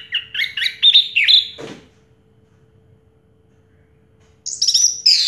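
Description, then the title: Orange-headed thrush song in two bursts of rapid rising and falling whistled notes, separated by a sharp knock and a long silent gap. Recording played to coax a silent orange-headed thrush into singing. "Anis Merah Macet.. Pancing Dengan Suara Ini.. 100 Ampuh. # Anis Merah"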